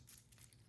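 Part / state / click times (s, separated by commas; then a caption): metal deployant clasp on a watch bracelet / seated / 0.1 s. The metal deployant clasp on the stainless steel bracelet of a Tissot men's Chrono XL watch is pressed closed. It snaps shut with a sharp, tight click at 0.1 s, followed by a few faint ticks. The clasp is fully seated and closes very tightly.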